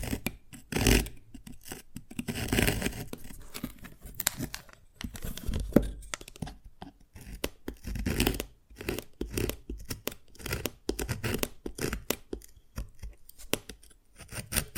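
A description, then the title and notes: Tapping and cracking on a thin sugar candy. The first few seconds bring dense scraping and crunching, then the sound thins to quick, sharp, crisp ticks and taps in uneven bursts through to the end. ASMR SQUID GAME Dalgona Candy Challenge Tapping, Cracking Triggers for Sleep(No Talking).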